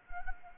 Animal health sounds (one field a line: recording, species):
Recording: mosquito wingbeat signal from an infrared sensor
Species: Anopheles gambiae